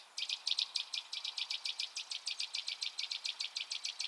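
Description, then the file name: Eurasian nuthatch giving a fast, even series of sharp high notes, repeated without a break throughout. "Sitta europaea"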